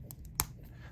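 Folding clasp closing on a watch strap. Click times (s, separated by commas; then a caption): 0.4 s. The platinum folding clasp on a gator-hide Breguet factory strap for a Breguet Classique Tourbillon 3657PT/12/9V6 watch is pressed closed; it is friction fit and snaps shut. Two faint ticks at 0.1 and 0.3 seconds, possibly the clasp being folded, are followed by a sharp, bright snap at 0.4 seconds as the clasp seats shut. The clasp's tolerances and tightness are outstanding.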